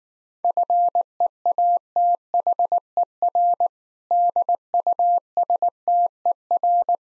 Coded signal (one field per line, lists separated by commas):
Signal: Morse code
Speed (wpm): 19 wpm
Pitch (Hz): 700 Hz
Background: none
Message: FEATHER DUSTER